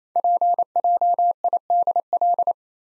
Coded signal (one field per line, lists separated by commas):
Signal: Morse code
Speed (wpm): 27 wpm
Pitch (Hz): 700 Hz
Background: none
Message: PJIDL